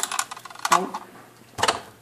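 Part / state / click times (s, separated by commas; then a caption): bobbin case into sewing machine bobbin holder / not seated / none. A bobbin case is pushed, with its little arm up, into a sewing machine's bobbin holder, making light rattling clicks followed by a louder knock around 0.7 s and another brief clatter around 1.7 s. The case does not lock and falls out of the holder, so nothing has seated or clicked into place yet.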